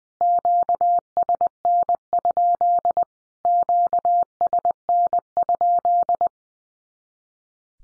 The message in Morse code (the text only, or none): QSN? QSN?